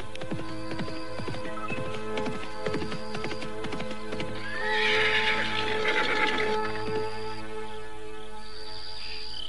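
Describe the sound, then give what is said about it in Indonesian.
A horse gallops toward a rider near the east gate of the city of Karang Sedana, its hooves pounding in a steady, rapid rhythm, and partway through it lets out a loud, wavering whinny over the hoofbeats. “Dan Paramita tetap tidak menyadari keadaan dirinya ketika seekor kuda dari arah depannya berderap menuju ke arah dirinya.”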